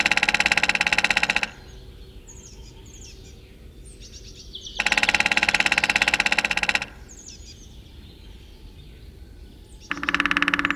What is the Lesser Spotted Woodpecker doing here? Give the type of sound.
drumming